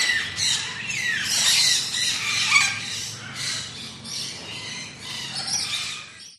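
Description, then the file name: Parrots and parakeets squawking harshly, several raspy calls overlapping amid continuous shrill chatter. Ambience in a large tropical aviary with parrots, parakeets and other birds; lawn mower in the distance. "zapsplat animals birds tropical large avery amb parrots parakeets"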